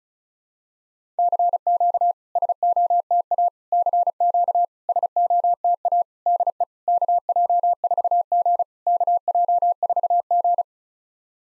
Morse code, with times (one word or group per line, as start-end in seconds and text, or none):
1.2-2.1 CQ
2.4-3.5 SOTA
3.7-4.7 CQ
4.9-6.0 SOTA
6.3-6.6 DE
6.9-8.6 KJ4G
8.9-10.6 KJ4G